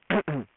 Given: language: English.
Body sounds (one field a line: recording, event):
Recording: throat vibration sensor signal played as sound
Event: throat clearing